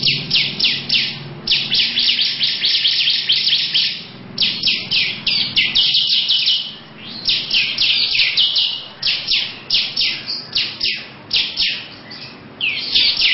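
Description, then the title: Lovebird pouring out dense, raspy high chirps in long bursts with short breaks, over a soft low hum. Long "ngekek panjang" song. "Audio Lovebird Ngekek Panjang Ciblek"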